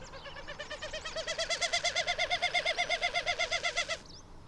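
Bird calls: a steady run of rich, harmonic notes repeated about three times a second for about four seconds, then stopping.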